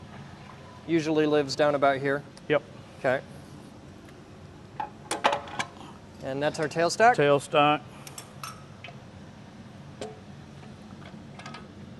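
Someone talks while handling the tailstock of a woodturning lathe on the lathe bed, with its cam lock underneath. Short metallic clinks come around 4.8 to 5.6 seconds and again around 8.1 to 8.8 seconds. The cam lock has not yet engaged, so nothing has seated or clicked.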